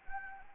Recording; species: mosquito wingbeat signal from an infrared sensor; Anopheles gambiae